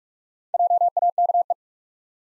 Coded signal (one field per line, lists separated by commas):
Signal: Morse code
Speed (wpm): 42 wpm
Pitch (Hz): 700 Hz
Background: none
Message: JAKE